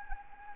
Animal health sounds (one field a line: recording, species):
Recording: mosquito wingbeat signal from an infrared sensor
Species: Anopheles gambiae